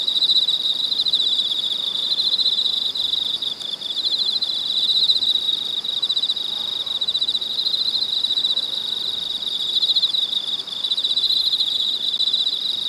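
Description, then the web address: Cicadas in a steady, shrill, high chorus with a fast pulsing texture, swelling and fading slightly in waves throughout, with no other clear sounds. Cicadas recorded in China. "soundlibrary Sound Scapes China Cicadas"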